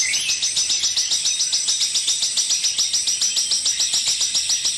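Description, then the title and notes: Streaked spiderhunter song, loud high sharp chips repeated rapidly and evenly in a steady unbroken run. Long, clear, prolific ('gacor') singing; bird-training (masteran) recording. "Pijantung Gunung Gacor Jernih Panjang. Masteran burung"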